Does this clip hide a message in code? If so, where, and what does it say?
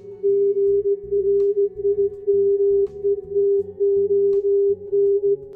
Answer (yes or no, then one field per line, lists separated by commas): yes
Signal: Morse code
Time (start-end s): 0.2-5.3 s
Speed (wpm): 17 wpm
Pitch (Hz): 400 Hz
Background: music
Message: GRIMETON